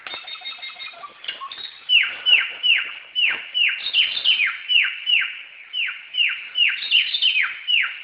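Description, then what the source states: Samyong song: after a soft, jumbled start, loud descending whistled notes follow quickly in a steady run, with some higher notes laid over them. Recorded in forest.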